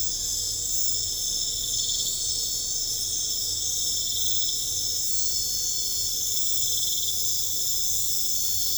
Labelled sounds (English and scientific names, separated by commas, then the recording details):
none
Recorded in pastures near Puerto Asís, Putumayo, Colombia, on 20 December 2024 at 23:00
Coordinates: 0.496, -76.326
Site G004